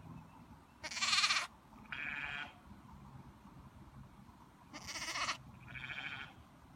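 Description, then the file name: Sheep: lamb bleating, two pairs of short baas, the first of each pair louder, with a pause of about two seconds between the pairs. Young lamb making bleating, baaing sounds. "Cute baby lamb bleating - Baby lamb makes baaing sounds"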